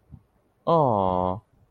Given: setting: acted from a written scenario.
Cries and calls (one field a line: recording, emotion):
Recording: vocal sound without words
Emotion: adoration